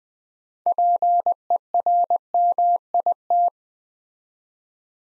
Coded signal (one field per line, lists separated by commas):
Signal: Morse code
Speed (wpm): 20 wpm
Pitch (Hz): 700 Hz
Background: none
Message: PERMIT